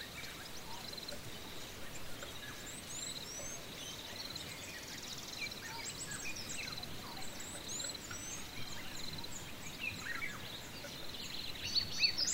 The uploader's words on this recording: Relaxing Sounds Of The African Bush. Birds, wind an other wildlife.